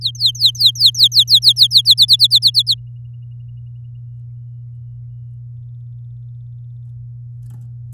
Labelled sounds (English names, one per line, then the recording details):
Domestic Canary song
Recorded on 8 May 2018 at 06:02
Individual llb16